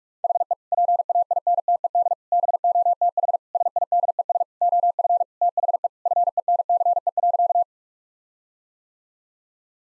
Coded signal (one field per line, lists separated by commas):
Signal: Morse code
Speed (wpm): 46 wpm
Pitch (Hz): 700 Hz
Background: none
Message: HE PAINTED BOTH SIDES OF THE FENCE.